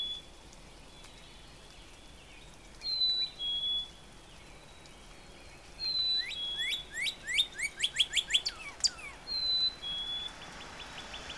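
Northern Cardinal song: two long clear whistles, then a run of sharp repeated notes that ends in a slurred whistle.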